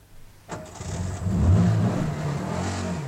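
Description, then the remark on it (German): A car engine turns over and catches abruptly, then revs up with a low, rumbling surge that rises and holds steady as the car pulls away in the dark. No one speaks. “Das war der Wagen, auf den ich gewartet habe.”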